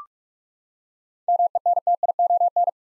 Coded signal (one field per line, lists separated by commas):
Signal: Morse code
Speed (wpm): 46 wpm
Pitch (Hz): 700 Hz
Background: none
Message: MENTION